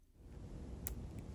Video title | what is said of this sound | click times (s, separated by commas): Full review of Foam Masters 4.0 Black Magic Memory Foam Tips for Apple AirPods Pro | As you can hear, they do have a satisfying click and no issues with the foam wiggling around or coming off. | 0.9 s